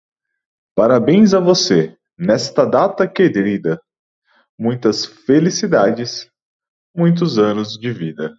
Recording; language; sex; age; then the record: short text; Brazilian Portuguese; male; 30 to 39 years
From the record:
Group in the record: control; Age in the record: 36 years